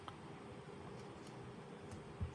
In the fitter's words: Kalau mau melepas Om dorong dulu sampai dia bunyi klik baru dia akan keluar. Nah, tinggal ditarik aja.